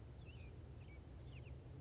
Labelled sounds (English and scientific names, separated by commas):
Chestnut-backed Chickadee (Poecile rufescens)